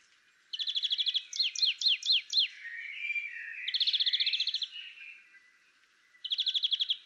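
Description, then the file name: European greenfinch alternating fast, even ticking trills with a short run of downslurred twittering notes, then a final trill; background is quiet. "Chloris chloris"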